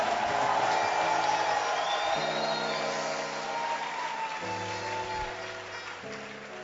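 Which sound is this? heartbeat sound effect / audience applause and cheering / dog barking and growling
audience applause and cheering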